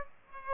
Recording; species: mosquito wingbeat signal from an infrared sensor; Aedes aegypti